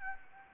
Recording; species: mosquito wingbeat signal from an infrared sensor; Anopheles gambiae